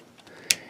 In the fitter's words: all just kind of clicks in place okay and now